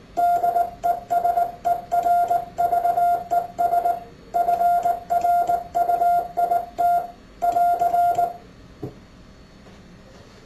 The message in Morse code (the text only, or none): DESERVES FRUIT <AR>